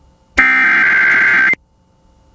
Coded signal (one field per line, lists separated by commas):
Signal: Emergency Alert System (SAME) tones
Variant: header bursts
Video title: (EAS #14) California SEVERE THUNDERSTORM WARNING on KALT-FM